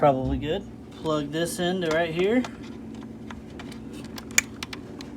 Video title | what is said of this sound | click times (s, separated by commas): Kenmore 500 makes funny noise while filling, doesn’t fill or agitate. Replacing Water Inlet Valve. | It'll just click in place. | 4.4 s